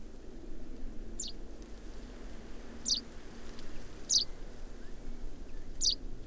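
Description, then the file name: Common chaffinch calls: four high, quick, descending notes at uneven intervals over a noisy, humming background. "Fringilla coelebs"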